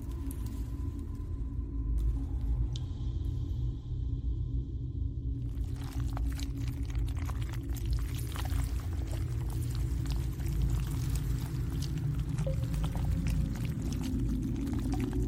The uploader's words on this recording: Alien hive ASMR ambience. Predator cave | relaxing slimy sounds.